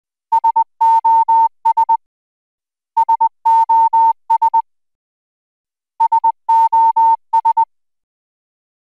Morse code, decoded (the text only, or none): SOS SOS SOS